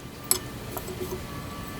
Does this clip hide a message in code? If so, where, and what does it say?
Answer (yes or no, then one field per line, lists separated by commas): no